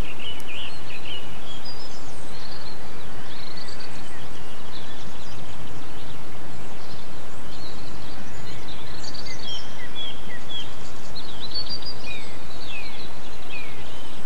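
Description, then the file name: Birds sing in a loose chorus of high chirps and short whistles, scattered throughout over a steady rumbling noise. Birdsong extract recorded 8 April 2007 on an MZ-N 710 recorder. "MZ-N 710 Chants d oiseaux 8 04 07 extrait"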